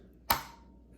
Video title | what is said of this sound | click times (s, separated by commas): How to assemble Black Magic Design, Ursa Mini Pro 12K Camera and accessories. | it should uh like Snap in place | 0.3 s